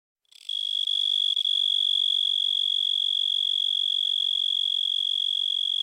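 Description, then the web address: Blackhorned tree cricket song, a continuous high steady trill starting abruptly after a short silence and holding one even pitch throughout. "Crickets and Katydids. Blackhorned Tree Cricket, Oecanthus nigricornis"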